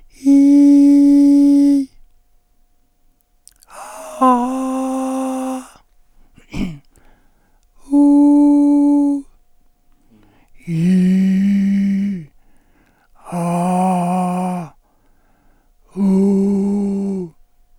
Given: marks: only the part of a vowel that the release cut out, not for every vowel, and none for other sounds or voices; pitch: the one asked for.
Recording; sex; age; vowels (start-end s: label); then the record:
sustained vowels; male; 70 to 79 years
0.33-1.73 s: vowel /i/, high pitch
4.39-5.51 s: vowel /a/, high pitch
7.99-9.10 s: vowel /u/, high pitch
10.96-12.06 s: vowel /i/, low pitch
13.43-14.54 s: vowel /a/, low pitch
16.06-17.18 s: vowel /u/, low pitch
From the record:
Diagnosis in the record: cordectomy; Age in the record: 72 years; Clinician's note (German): Zustand danach